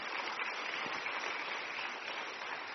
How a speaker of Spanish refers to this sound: Denle un aplauso al Señor Jesucristo, hermano.